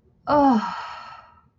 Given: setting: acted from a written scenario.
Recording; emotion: vocal sound without words; ecstasy